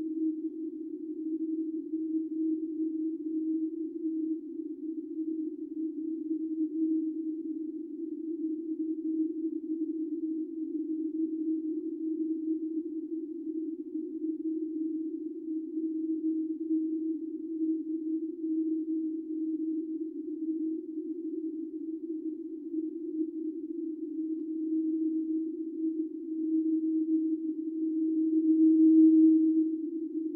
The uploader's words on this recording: The November audio was analyzed by University Rochester professor Ming-Lun Lee, who extracted and enhanced the audio to reveal a conspicuous tone with a frequency of about 315 hertz.